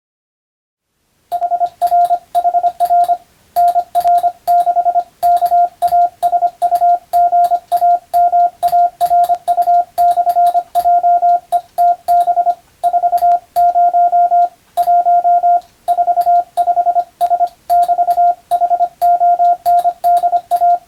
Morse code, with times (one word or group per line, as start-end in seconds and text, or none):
1.3-3.1 HRHR
3.6-5.0 NR6
5.2-12.5 KASUGAMARU/JETB
12.8-14.5 40
14.8-15.6 1
15.9-17.5 45S
17.7-20.8 <BT>HONDA